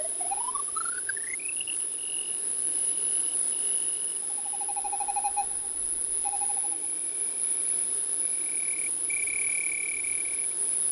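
A spacey cricket atmosphere: a thin, steady high whine and soft hiss run throughout. A tone sweeps upward in the first two seconds into held whistling notes, with quick trilling cricket-like chirps around the fifth and sixth seconds and a brighter held tone near the end.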